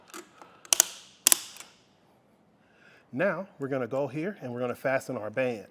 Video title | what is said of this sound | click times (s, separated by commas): etrailer - How to Set Up Your Yakima TimberLine Roof Rack Kit - 2025 Kia Sportage | it's going to click. I always go for three clicks just cuz it makes me feel good. | 0.7 s, 1.3 s